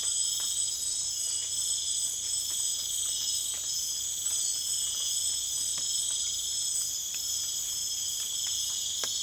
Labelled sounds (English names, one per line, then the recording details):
none
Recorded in secondary vegetation near Puerto Asís, Putumayo, Colombia, on 27 June 2025
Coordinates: 0.488, -76.319
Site G094